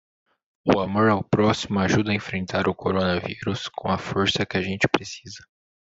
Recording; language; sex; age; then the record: spoken sentence; Brazilian Portuguese; male; 18 to 19 years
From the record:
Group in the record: control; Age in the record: 18 years